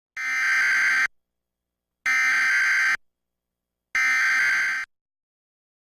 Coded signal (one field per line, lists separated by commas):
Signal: Emergency Alert System (SAME) tones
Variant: header bursts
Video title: Arkansas EAS Required Monthly Test (August 16, 2019)